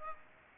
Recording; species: mosquito wingbeat signal from an infrared sensor; Aedes aegypti